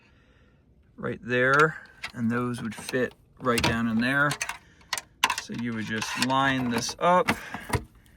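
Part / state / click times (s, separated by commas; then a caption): plastic tabbed cover onto air conditioner control module housing / not seated / none. Someone talks while lining up a plastic cover with small tabs over the control module housing of a Countrymod 12/24V DC rooftop air conditioner's interior unit, with brief handling taps around 4.9, 5.0 and 5.2 seconds. Nothing has seated or clicked yet.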